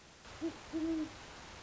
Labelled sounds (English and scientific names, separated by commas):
Great Horned Owl (Bubo virginianus)